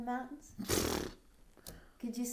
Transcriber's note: raspberry sound